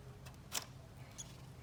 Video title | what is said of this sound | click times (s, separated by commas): Harbor Freight Atlas String Trimmer 2020 - Unboxing & Review DIY Best Yard Tool Gift | Just snap it into place, so no assembly there really. | 0.6 s, 1.2 s